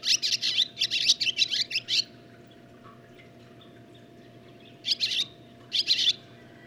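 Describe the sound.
Barn swallow twittering song: about two seconds of rapid, scratchy chatter, a pause, then two shorter twittering phrases near the end.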